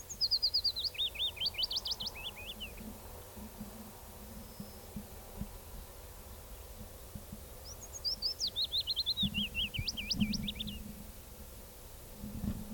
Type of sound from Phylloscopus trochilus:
song